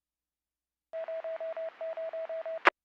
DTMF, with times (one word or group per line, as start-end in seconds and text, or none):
none